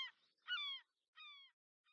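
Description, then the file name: European herring gull calls: nasal, harmonic-rich mewing notes, slightly falling. Two full notes of about a third of a second sit between partial notes at the start and end. "mewasrebrzysta"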